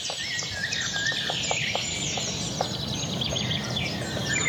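A great spotted woodpecker taps hard on a tree while searching for insects, in a short irregular series of sharp knocks, while high birdsong chirps continuously in the background.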